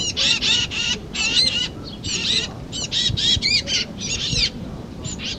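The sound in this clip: Titmouse calls: dense runs of scratchy, chattering high notes in rapid groups, almost continuous throughout.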